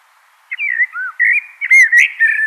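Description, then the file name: Common blackbird song: several smooth whistled notes rising and falling, then brief sharp high squeaks mixed into the last fluty phrases. "Turdus merula"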